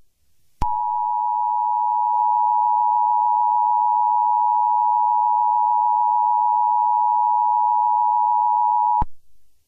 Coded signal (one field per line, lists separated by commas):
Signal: Emergency Alert System (SAME) tones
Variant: 853 and 960 Hz attention tone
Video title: Yellowstone Eruption [EAS SCENARIO]